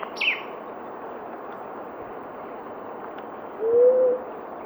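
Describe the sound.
Blue-headed quail-dove uttering one low, smooth coo that rises slightly, preceded by a single sharp high chirp from another bird, over constant background hiss.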